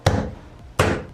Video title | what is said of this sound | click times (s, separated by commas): Using Luxury Vinyl Tile LVT for the First Time - EP 15 Road to Our Next House Hack | and you can actually hear it snap in so that's what's creating that lock | 0.1 s, 0.8 s